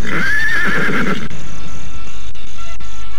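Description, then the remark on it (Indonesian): A sturdy horse being led toward the gate of the Mataram Palace lets out a loud, quavering whinny lasting about a second, its pitch wavering high, followed by a quieter stretch of soft background noise with faint rustling. “Paramita menggiring kuda gagah itu menuju gerbang Istana Mataram”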